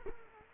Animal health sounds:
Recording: mosquito wingbeat signal from an infrared sensor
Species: Culex quinquefasciatus

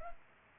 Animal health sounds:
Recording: mosquito wingbeat signal from an infrared sensor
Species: Culex pipiens

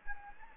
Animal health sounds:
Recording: mosquito wingbeat signal from an infrared sensor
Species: Anopheles gambiae

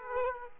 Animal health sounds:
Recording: mosquito wingbeat signal from an infrared sensor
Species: Aedes aegypti

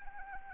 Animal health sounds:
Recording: mosquito wingbeat signal from an infrared sensor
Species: Anopheles arabiensis

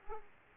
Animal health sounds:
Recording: mosquito wingbeat signal from an infrared sensor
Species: Aedes aegypti

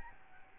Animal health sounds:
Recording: mosquito wingbeat signal from an infrared sensor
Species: Aedes albopictus

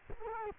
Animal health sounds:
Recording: mosquito wingbeat signal from an infrared sensor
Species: Culex quinquefasciatus

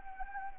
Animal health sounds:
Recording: mosquito wingbeat signal from an infrared sensor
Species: Anopheles arabiensis

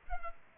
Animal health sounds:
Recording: mosquito wingbeat signal from an infrared sensor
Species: Culex pipiens

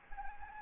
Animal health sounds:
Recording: mosquito wingbeat signal from an infrared sensor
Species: Anopheles arabiensis

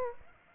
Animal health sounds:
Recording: mosquito wingbeat signal from an infrared sensor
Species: Aedes aegypti

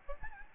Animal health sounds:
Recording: mosquito wingbeat signal from an infrared sensor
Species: Aedes albopictus

